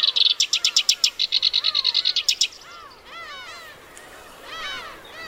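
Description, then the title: Black-browed reed warbler song: a rapid run of sharp, high repeated notes for about two and a half seconds, with softer arching notes behind and after. Recorded on Teuri Island, Hokkaido, Japan. "天売島（北海道）のコヨシキリ"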